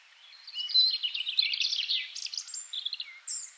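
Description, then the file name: European robin song: a dense, jumbled stream of fast warbling notes and thin high whistles, sweet and scratchy by turns, with light background hiss. "Erithacus rubecula"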